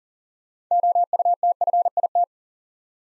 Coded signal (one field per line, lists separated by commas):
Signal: Morse code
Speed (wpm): 41 wpm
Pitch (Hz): 700 Hz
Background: none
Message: OUTFIT